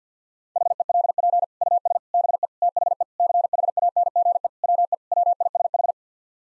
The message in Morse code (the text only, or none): HELP US BE THE CHANGE WE WISH